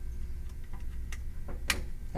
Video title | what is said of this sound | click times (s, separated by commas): Tablet Installation BBY Endcap | Make sure it clicks on nicely. | 1.7 s